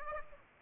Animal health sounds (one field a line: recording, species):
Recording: mosquito wingbeat signal from an infrared sensor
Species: Aedes aegypti